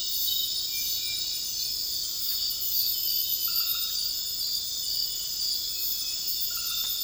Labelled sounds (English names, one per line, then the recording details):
none
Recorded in secondary vegetation near Puerto Asís, Putumayo, Colombia, on 18 February 2024 at 00:30
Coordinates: 0.481, -76.323
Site G6376